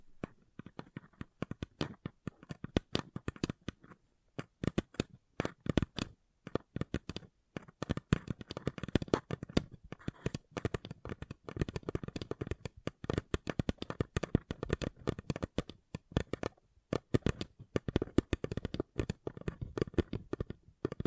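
A paper cup is crinkled, tapped and squeezed in quick, dense bursts of crisp crackling that run almost without pause for the whole stretch. The rustling snaps are bright and irregular, with only brief gaps, the busiest clusters coming around the middle and near the end.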